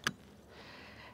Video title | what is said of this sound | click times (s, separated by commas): Mr. Whiskers & AZ Game and Fish Stocked Lakes! | you've completed your cast you want to turn your handle till you hear a click and that's | 0.1 s